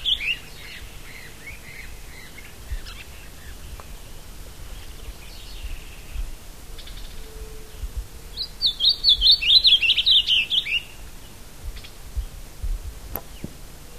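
Masked yellowthroat song: one bright, rapid warbled phrase of jumbled up-and-down notes lasting about two seconds, with a few softer chips before it over quiet background hiss.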